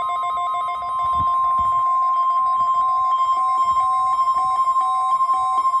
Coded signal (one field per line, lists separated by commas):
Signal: Emergency Alert System (SAME) tones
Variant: 1050 Hz attention tone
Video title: EAS - Two CRP Required Weekly Tests on WXK26 - 06/05/2024 to 06/12/2024